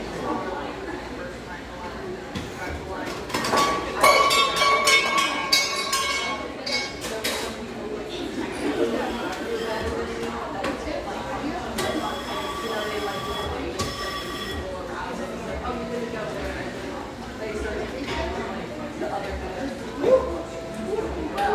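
Steady murmur of many voices fills a casual eatery, with overlapping conversation throughout. Frequent clinks of dishes and cutlery ring out, with clusters around 3–7 and 12–14 seconds and a sharp clatter near 20 seconds.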